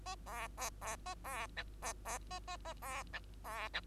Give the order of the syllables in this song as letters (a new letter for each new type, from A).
A B B B A B C B B A A A B C B C